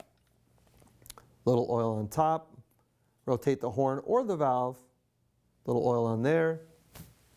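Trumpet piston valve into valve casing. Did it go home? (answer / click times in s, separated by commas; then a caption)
no / none. A trumpet's last piston valve is handled beside its valve casing while oil is applied to the top of the valve, with small handling taps near the start and end as someone talks. Nothing has seated or clicked into place yet.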